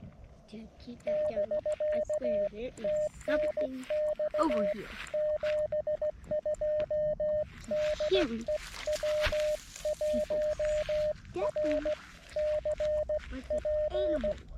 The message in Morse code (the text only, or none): <BK> TNX 72 DE W1RCP